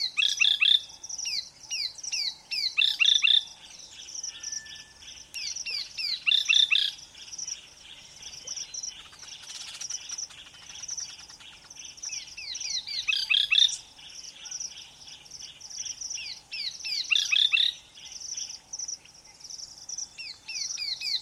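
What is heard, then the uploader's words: African bush on a hot afternoon, filled with busy high birdsong: quick chirping phrases and trills repeat every few seconds, with bright louder bursts near 0, 3, 6, 13 and 17 seconds. A steady insect buzz runs underneath throughout. Lazy Afternoon In The Savanna. The sound of the African bush on a hot afternoon is pretty relaxed. Gone is the lush dawn chorus as most animals are avoiding the scorching midday sun.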